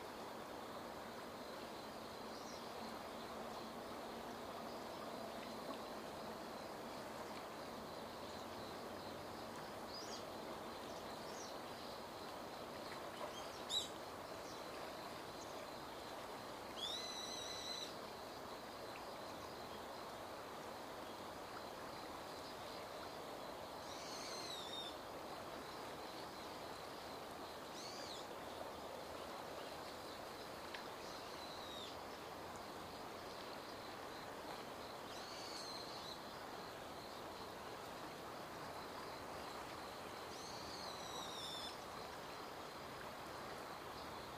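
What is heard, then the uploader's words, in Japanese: A river flows steadily and unhurriedly, a dense, even wash of water that holds the same level for the whole stretch. Bright bird calls break through every few seconds, short chirps and quick trills standing out above the rushing water. 悠々と流れる川の流れ 鳥たちの朝。Occasionally there is the noise of cars and motorcycles, but this is also a sound unique to the Tama River flowing through the city.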